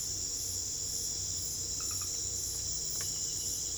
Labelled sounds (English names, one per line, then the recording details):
none
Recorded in pastures near Puerto Asís, Putumayo, Colombia, on 22 December 2024 at 03:30
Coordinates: 0.487, -76.322
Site GP09